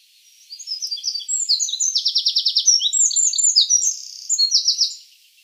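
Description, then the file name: Eurasian wren delivering an energetic, high-pitched song with quick chattering notes and a prominent rapid trill in the middle. "Troglodytes troglodytes"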